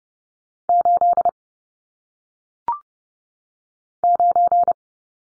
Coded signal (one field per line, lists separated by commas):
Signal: Morse code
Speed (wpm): 30 wpm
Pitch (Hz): 700 Hz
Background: none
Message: 8 9